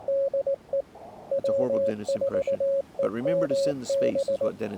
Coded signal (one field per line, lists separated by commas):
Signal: Morse code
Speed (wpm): 18 wpm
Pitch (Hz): 550 Hz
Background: speech, radio noise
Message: DE W4EMB